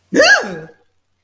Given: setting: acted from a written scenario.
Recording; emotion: vocal sound without words; negative surprise